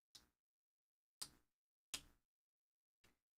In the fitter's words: a such a satisfying snap